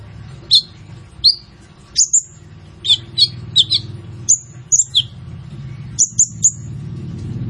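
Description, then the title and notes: Sunbird calls: single or paired piercing high chirps, irregularly spaced about a second apart, over low background hum. Training song for cage birds, sung vigorously with varied fills and sharp 'shot' phrases; suited as a lure. "Suara Burung Kolibri Ninja Gacor"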